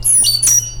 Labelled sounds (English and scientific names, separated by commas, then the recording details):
Stitchbird (Notiomystis cincta) song
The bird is a male
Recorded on Tiritiri Matangi Island, New Zealand, in 2005
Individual 1, of nest box 1